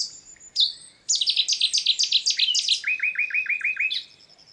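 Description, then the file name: Common nightingale song: a thin whistle, then a rapid series of loud repeated notes, ending in a run of about seven lower, arched notes in quick succession. "Luscinia megarhynchos"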